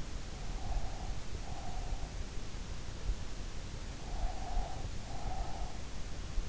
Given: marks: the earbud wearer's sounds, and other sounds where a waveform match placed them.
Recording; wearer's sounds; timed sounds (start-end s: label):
sounds in sleep by an in-ear microphone; breath
0.18-2.38 s: breath
4.06-6.19 s: breath